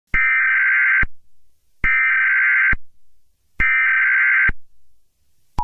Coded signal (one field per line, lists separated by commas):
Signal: Emergency Alert System (SAME) tones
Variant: header bursts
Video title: EAS Scenario #1 - Amphibia